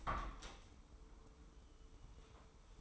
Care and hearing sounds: daily activity, microphone in the room; open window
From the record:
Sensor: 1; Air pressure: 995.8 hPa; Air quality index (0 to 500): 48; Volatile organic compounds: 1 ppm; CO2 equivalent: 875 ppm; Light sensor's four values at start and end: 30/104/40/41 and 31/105/40/42

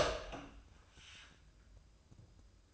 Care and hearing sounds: daily activity, microphone in the room; open door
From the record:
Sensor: 2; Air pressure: 1004.7 hPa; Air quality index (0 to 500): 74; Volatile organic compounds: 1 ppm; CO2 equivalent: 872 ppm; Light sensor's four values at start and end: 7/16/6/7 and 7/16/6/7

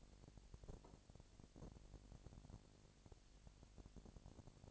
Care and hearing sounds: daily activity, microphone in the room; no activity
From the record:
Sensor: 5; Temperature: 20.1 degrees Celsius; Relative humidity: 38.2%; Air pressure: 998.9 hPa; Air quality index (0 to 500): 218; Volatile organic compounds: 24 ppm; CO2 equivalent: 2814 ppm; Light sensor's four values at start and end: 2/3/1/1 and 2/3/1/1

